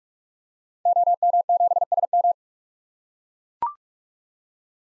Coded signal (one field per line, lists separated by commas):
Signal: Morse code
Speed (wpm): 44 wpm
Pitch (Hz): 700 Hz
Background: none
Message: OM7SM